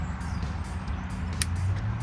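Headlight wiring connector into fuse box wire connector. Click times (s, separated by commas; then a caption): 1.4 s. The blue wire's connector from a Morimoto XB LED headlight on a 2015-2019 Silverado 2500 HD is pushed onto the plastic connector of the wire run from the fuse box. Over a steady low hum, a single sharp snap is heard at 1.4 s as the two halves lock together, confirming the connector is seated.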